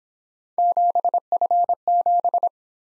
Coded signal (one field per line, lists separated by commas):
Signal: Morse code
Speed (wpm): 23 wpm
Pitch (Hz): 700 Hz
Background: none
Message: 7F7